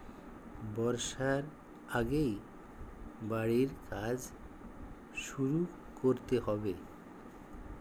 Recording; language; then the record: elicited speech; Bengali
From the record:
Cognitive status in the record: dementia